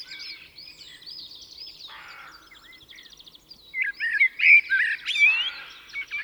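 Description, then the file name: Common blackbird: soft high chirping of other birds gives way to a loud, rich, swooping warble in the second half. "Turdus merula"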